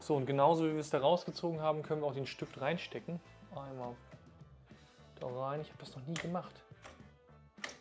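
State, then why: Seated. A pen is pushed into the holder of the cutting/plotting module on a Bambu Lab H2D 3D printer while someone talks. A single sharp click at 7.6 s marks the pen latching into place, though the fit is a bit springy and loose.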